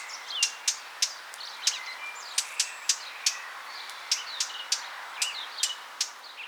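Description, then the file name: Eurasian blackcap makes sharp, clicking tack calls at uneven intervals, with faint thin whistles and twitters in between. "Sylvia atricapilla"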